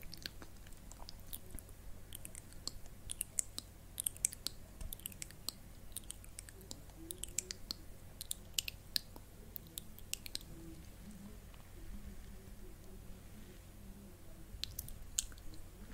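Face touching and camera tapping make soft, irregular clicks and crisp taps scattered throughout, over a low steady hum and faint murmuring sounds.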